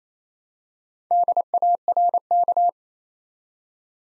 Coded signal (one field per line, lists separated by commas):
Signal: Morse code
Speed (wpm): 29 wpm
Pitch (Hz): 700 Hz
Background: none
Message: DARK